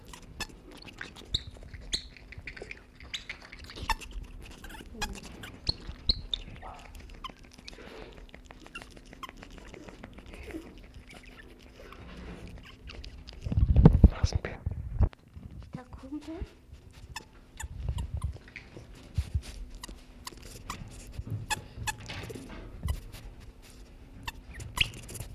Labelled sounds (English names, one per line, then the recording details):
South American Coati
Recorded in captivity
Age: adult
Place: Tierpark Berlin, Berlin, DE
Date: 1965-03-06 14:00
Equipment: Telefunken Magnetophon 300, Sennheiser MD 421, Transistorverstärker
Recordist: Tembrock, Günter
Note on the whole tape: Roter Nasenbär (geführt als Nasua rufa): Diverse Lautformen, wird von Pflegerin gestreichelt, dabei schmatzende Lippenbewegungen, z.B. Beknabbern der eigenen Vorderpfote. Abstand ca. 50 cm. Aufnahme von 14.00 bis 18.00 Uhr